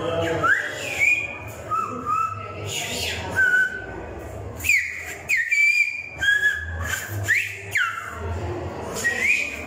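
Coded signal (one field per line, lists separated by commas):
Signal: whistled language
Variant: Silbo Gomero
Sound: loud gliding finger whistles rising and falling between phrases, with short pauses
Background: outdoor background noise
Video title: Silbar con dedo ajeno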